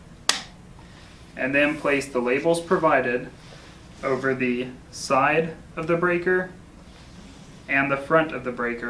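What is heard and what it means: A green plastic connection system cover is pushed back onto the front of a Schneider Electric PowerPact B-frame molded case circuit breaker while a mechanical lug kit is installed. It seats with a single sharp snap at 0.3 s. Someone then talks.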